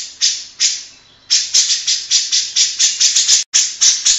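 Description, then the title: Grey-cheeked bulbul giving loud, harsh, buzzy notes: two, a short pause, then a fast run of many more. Long-duration masteran tutor recording for training captive birds. "Cucak Jenggot Masteran"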